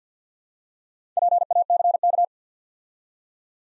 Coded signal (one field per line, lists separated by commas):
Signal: Morse code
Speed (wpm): 53 wpm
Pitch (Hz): 700 Hz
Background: none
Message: PACK